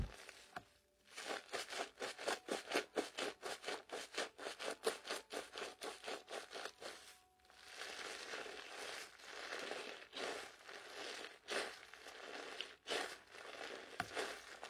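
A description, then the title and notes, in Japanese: Foam and water make a dense, fizzing crackle throughout. For the first seven seconds it comes in rapid, regular pulses about four or five per second. After a brief drop near seven seconds it turns into a steadier, thicker hiss with occasional short gaps. 在鹿姐姐的洗发店！泡沫、水の音。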